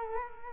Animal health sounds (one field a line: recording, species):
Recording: mosquito wingbeat signal from an infrared sensor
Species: Culex quinquefasciatus